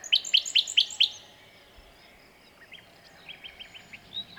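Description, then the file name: Common nightingale singing: five loud, sharp repeated notes in about a second, followed by a faint, softer run of quieter notes. "Luscinia megarhynchos"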